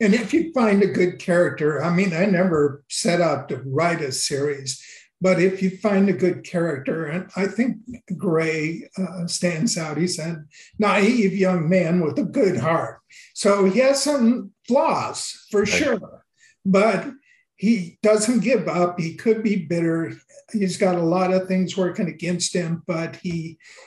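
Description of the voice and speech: Fluent adult male speech with an unsteady, quavering pitch and drawn-out vowels, the voice tremor of essential tremor, which he describes as a handicap.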